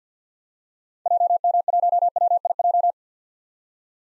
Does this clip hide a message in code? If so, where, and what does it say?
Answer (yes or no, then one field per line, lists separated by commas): yes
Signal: Morse code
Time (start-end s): 1.1-2.9 s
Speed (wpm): 47 wpm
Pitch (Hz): 700 Hz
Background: none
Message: JM1WIJ